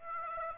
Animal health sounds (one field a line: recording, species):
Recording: mosquito wingbeat signal from an infrared sensor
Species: Aedes aegypti